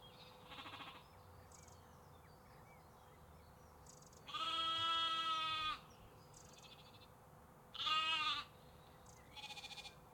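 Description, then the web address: Sheep bleating: bleats of varying length, a long bleat in the middle and shorter ones before and after. Sheep and lambs, recorded in UK canals, parks and forests. "Sonniss com - GDC 2023-Game Audio Bundle. UK Canals, Parks Forests Sheeps Lamps"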